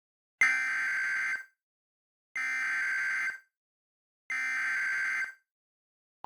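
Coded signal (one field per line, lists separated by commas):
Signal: Emergency Alert System (SAME) tones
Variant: header bursts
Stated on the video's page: Fictional EAS scenario, deliberately unrealistic.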